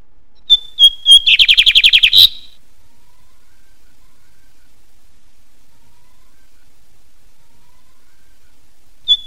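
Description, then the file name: Lined seedeater song of spaced whistled notes leading into a quick buzzy trill, then a long quiet gap and a single whistle. "bigode de bigodinho"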